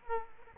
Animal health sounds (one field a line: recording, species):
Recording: mosquito wingbeat signal from an infrared sensor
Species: Culex quinquefasciatus